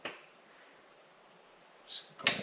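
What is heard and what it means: A torque wrench set to 22 ft-lb, fitted with a 21 mm socket and extension, tightens a spark plug into an aluminium cylinder head. A short tick opens the clip, followed by quiet ratcheting effort and a brief rise near 1.9 s. The wrench gives a sharp click at 2.3 s, confirming the plug has reached the set torque.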